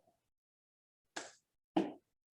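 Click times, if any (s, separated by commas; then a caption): 1.2 s, 1.8 s. In a water-testing class, a plastic cap is put back onto a plastic sample vial filled to the 20 milliliter line, and two short, sharp clicks are heard at 1.2 and 1.8 seconds. The clicks show the lid has snapped fully closed and seated, so the sample won't spill.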